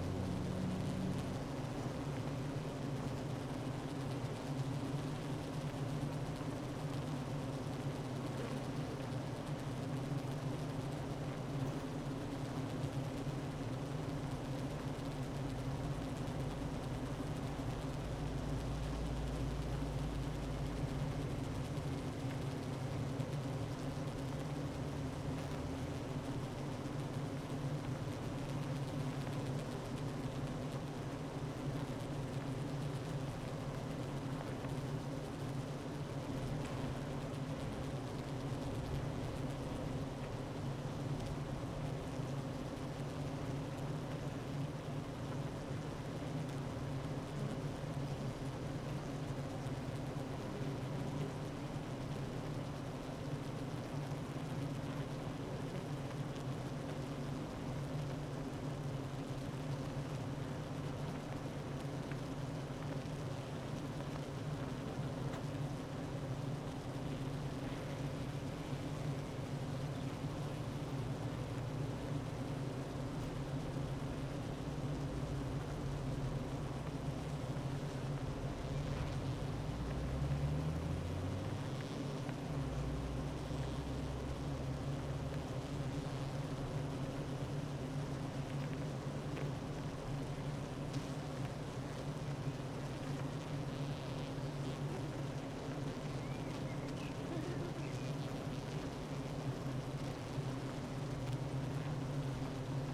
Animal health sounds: honeybee colony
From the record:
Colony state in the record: active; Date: 12 June 2018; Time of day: 9:23

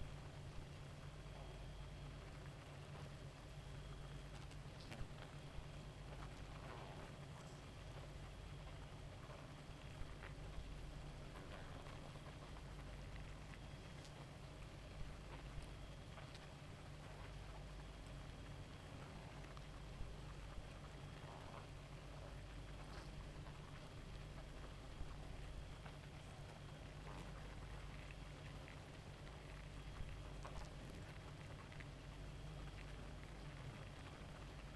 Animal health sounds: honeybee colony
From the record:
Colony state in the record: active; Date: 28 July 2017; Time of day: 0:50

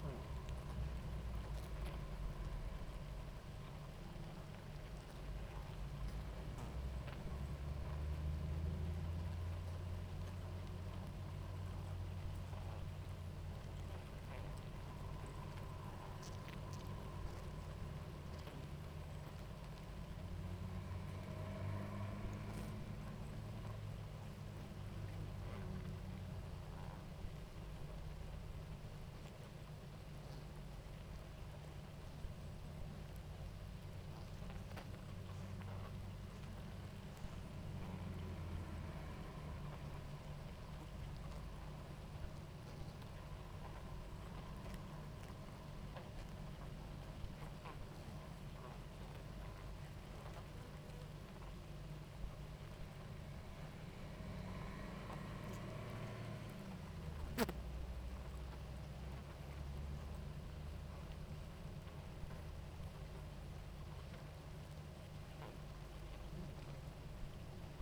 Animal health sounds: honeybee colony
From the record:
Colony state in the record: active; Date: 28 July 2017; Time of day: 18:34

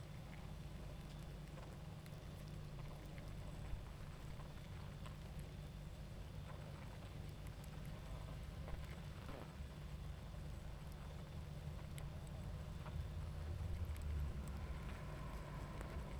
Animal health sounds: honeybee colony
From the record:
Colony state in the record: active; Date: 28 July 2017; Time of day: 21:49

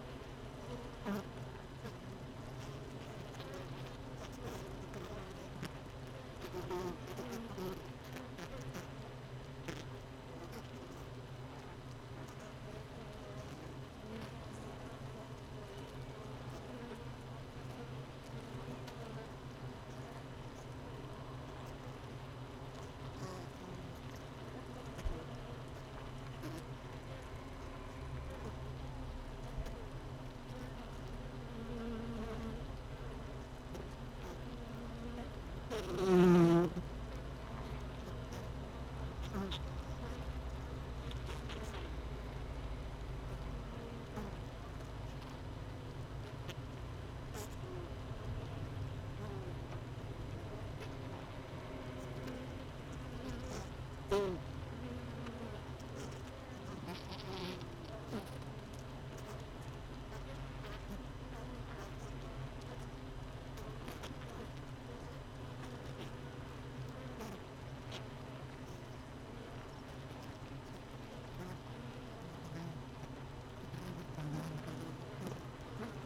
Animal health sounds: honeybee colony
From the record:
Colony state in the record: missing queen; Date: 31 May 2018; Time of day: 17:14

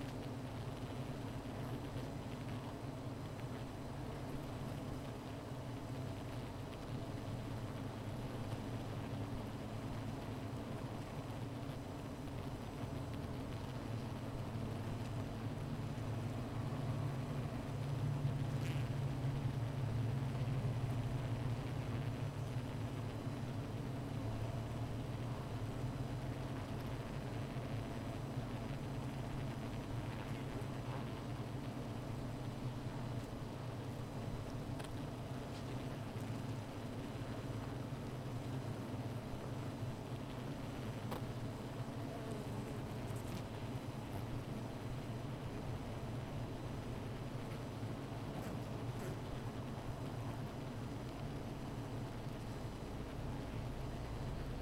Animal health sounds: honeybee colony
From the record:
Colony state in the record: missing queen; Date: 14 July 2017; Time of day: 15:42

